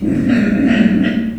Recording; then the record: squeal of a Yucatan mini pig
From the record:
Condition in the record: after surgery on the right vocal fold (resection and tissue-engineered implant); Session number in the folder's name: 3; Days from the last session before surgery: 21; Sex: female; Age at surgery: 19 weeks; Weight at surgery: 25 kg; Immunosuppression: prednisolone